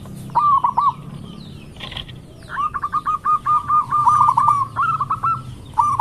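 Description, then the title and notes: Zebra dove song: a brief coo phrase, a pause, then a long rolling string of rapid coos. Lure song of a vigorously singing zebra dove. "Pancingan Perkutut Durasi Panjang. Suara Burung Perkutut Gacor"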